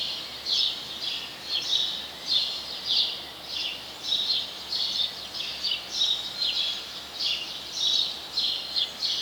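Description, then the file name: House sparrow chirping repeatedly, short scratchy notes following each other closely, with continuous hiss beneath. "Passer domesticus"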